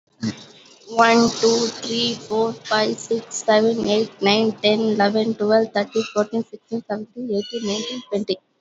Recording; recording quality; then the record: counting at a normal pace; excellent, no background noise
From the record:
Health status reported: healthy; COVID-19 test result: negative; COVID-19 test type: RT-PCR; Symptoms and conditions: cough, cold, fever, hypertension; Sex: female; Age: 30 years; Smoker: no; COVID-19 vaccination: both doses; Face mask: worn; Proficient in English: yes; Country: India